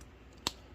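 Folded plastic body sections of a Transformers Generations Legacy Deluxe Class Beast Wars/Predacon Sandstorm action figure are pushed together into their locked robot-mode position once everything is lined up. A single sharp click sounds at 0.5 s over quiet background noise. The panels lock into place.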